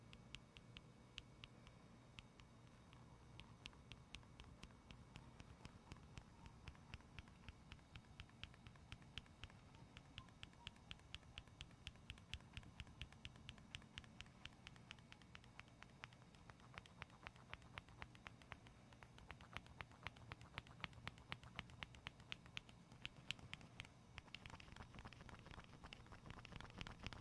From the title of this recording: ASMR medium gentle tapping and scratching